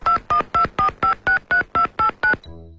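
A phone keypad beeps out a mobile phone number being called, ten short evenly spaced dual-tone presses in a steady rhythm, followed by a faint low hum as the line connects.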